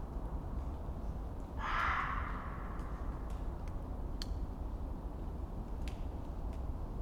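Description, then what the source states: Red fox scream: a single short, harsh cry near the start, then a low steady rumble with a few faint clicks. Screaming at night in a forest in winter.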